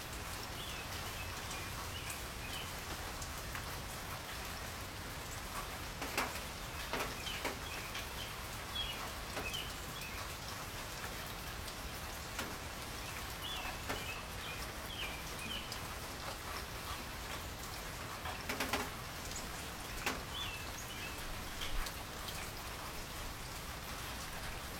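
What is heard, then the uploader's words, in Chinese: Rain falls steadily in a courtyard, a dense, even hiss with sharper drips and taps landing every few seconds, some louder near 6, 19 and 20 seconds. Short bird chirps come and go faintly above the rain throughout. 3D白噪音 庭院里的雨声。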